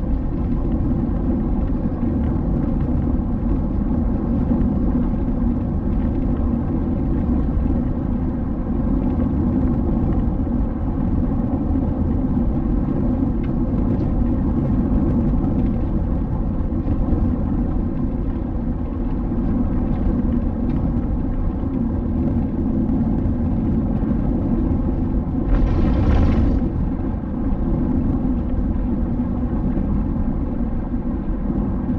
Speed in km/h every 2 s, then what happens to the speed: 82, 83, 84, 84, 84, 84, 82, 82, 83, 83, 84, 84, 85, 85, 85, 84.
0-32 steady at about 84.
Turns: none.